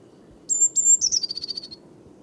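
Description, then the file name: Eurasian blue tit with one crisp song phrase: high piercing notes, then a quick trill that drops in pitch. "Cyanistes caeruleus"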